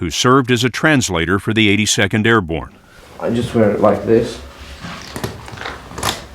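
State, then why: Seated. Someone talks, then a man who lost a leg pushes his prosthetic leg into its socket attachment, with a few short knocks and rubs from about 5.2 s. A sharp, loud click at 6.1 s marks the leg locking into place, fully seated.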